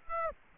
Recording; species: mosquito wingbeat signal from an infrared sensor; Aedes aegypti